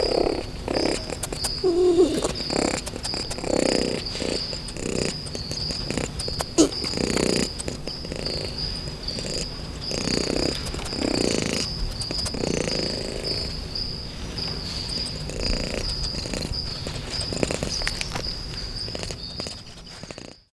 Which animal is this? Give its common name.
Ring-tailed Lemur